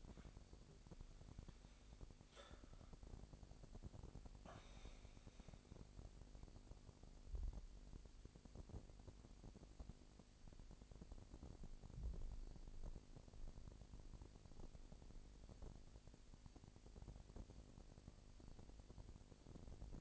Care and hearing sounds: daily activity, microphone in the room; make coffee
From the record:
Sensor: 5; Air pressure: 1007.4 hPa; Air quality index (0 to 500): 127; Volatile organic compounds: 1 ppm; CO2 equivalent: 964 ppm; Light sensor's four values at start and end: 28/65/27/28 and 28/64/26/27

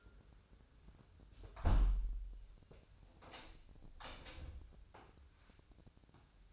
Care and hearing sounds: daily activity, microphone in the room; close window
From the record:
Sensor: 2

